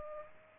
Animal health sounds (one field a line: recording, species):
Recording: mosquito wingbeat signal from an infrared sensor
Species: Aedes aegypti